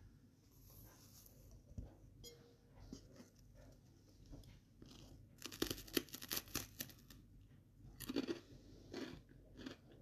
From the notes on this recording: Making crunchy sandwiches and eating them.